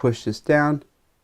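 Someone talks while the small metal standby lock dial on a ZhiYun Smooth 4 handheld phone gimbal is handled and pushed down toward the lock switch, which stops the motors once engaged. Only the talking is heard, fading to silence after about 0.9 seconds. The lock has not clicked into place yet.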